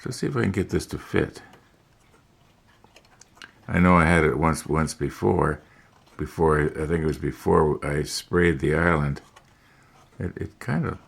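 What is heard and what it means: A plastic superstructure piece is handled and lined up on a model ship deck, trying to get it to fit before it is pushed home. Someone talks, and during a quiet stretch a few light handling clicks and taps come at about 2.8 to 3.4 seconds. Nothing has seated or clicked into place yet.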